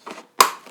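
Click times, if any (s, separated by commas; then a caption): 0.4 s. A small plastic wing joiner clip on a Volantex Ranger 1600 RC plane is hooked into place, locking the two foam wing halves together. After a soft rustle of handling, a sharp click at 0.4 s marks the clip seating, followed by a faint tap. The wing is joined.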